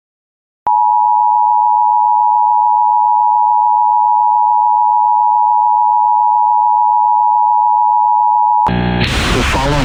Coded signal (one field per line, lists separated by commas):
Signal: Emergency Alert System (SAME) tones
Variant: 853 and 960 Hz attention tone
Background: speech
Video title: EAS 206 - Arkansas Statewide Amber Alert